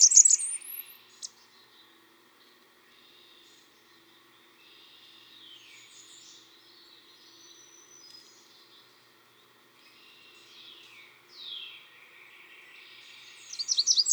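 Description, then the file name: Blackburnian warbler delivering two very high, thin songs at start and end, with quiet slurred whistles between. "song Christopher-Mc Pherson-Blackburnian-Warbler-Setophaga-fusca"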